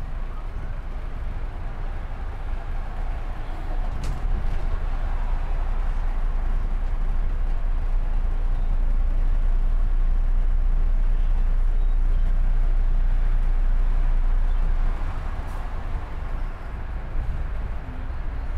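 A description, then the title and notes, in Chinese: Steady, dense traffic roar along the Route 300 express road swells louder between about ten and fifteen seconds, with a couple of brief clicks. 坐在300快外晒太阳｜城市声音。很喜欢300快外公交，坐在二层的第一排，被太阳从头到脚晒着，很浪漫。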